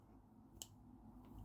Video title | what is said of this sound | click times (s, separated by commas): The Integral Framework Behind The Real Steel Sacra | you can hear it click | 0.6 s